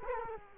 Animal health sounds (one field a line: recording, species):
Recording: mosquito wingbeat signal from an infrared sensor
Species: Culex quinquefasciatus